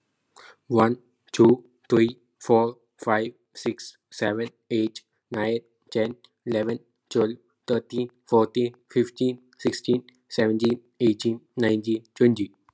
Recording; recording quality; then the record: counting at a normal pace; excellent, no background noise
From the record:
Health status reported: healthy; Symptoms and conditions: none ticked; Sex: male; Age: 19 years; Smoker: not ticked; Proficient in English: yes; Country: India